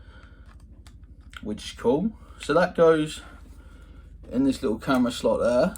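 A memory card is handled at the side card slot of a Sony ZV-E10 camera, on its way in but not yet pushed home. Someone talks throughout, with a few faint, short ticks near the start and a low steady hum underneath. Nothing has seated or clicked yet.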